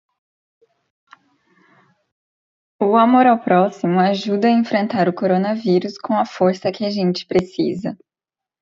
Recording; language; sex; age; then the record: spoken sentence; Brazilian Portuguese; female; 20 to 29 years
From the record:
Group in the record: control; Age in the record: 26 years